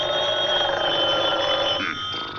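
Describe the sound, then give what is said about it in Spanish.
A fire alarm bell rings loudly and without pause, its rapid metallic rattle holding steady for a couple of seconds before dipping slightly near the end, with no voices over it. “¿Qué no oyes esa campana?”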